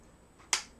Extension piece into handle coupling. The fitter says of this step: has a button that pops out, tells you it's locked, and when you hear the click, see?